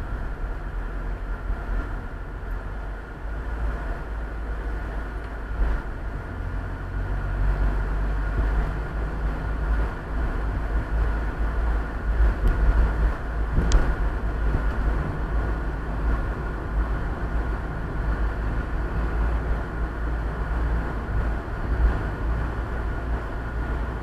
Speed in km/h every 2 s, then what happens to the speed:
29, 28, 28, 31, 35, 39, 41, 41, 40, 40, 41, 44.
0-5 steady at about 28. 5-12 speeds up to 41. 12-24 steady at about 41.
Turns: none.